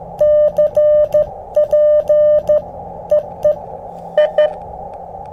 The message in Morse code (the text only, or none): CP EE I